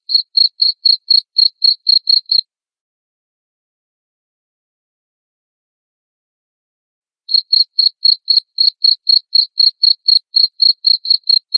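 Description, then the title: Cricket chirps, short and shrill, about four each second for over two seconds, then a five-second silence before the steady pulsing returns. Loud cricket chirping (ngerik) said to make lovebirds sing ngekek continuously. "Suara JANGKRIK NGERIK Keras Bikin LOVEBIRD Jadi NGEKEK Terus Vubey"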